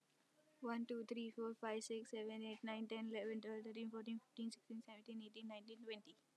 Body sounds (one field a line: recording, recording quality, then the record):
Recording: counting at a fast pace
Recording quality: excellent, no background noise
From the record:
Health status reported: healthy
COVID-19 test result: negative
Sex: female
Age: 19 years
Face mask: worn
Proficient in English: yes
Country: India